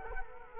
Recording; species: mosquito wingbeat signal from an infrared sensor; Culex quinquefasciatus